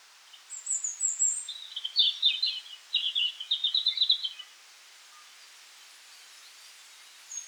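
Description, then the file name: European robin singing a soft, high, jumbled warble of thin notes for about four seconds over steady hiss, then only background noise. "Erithacus rubecula"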